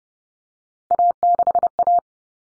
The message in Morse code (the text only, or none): A6A